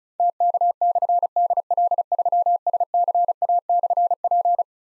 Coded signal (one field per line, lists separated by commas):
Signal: Morse code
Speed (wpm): 36 wpm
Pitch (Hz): 700 Hz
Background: none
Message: TK/DL3SCA/P